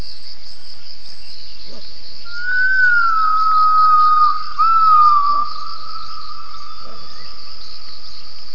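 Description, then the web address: Gibbon call: one long whistled note that glides down and then holds steady to the end, with a continuous high insect drone throughout. Gibbon vocalisations. "gibbons triangulations vocs"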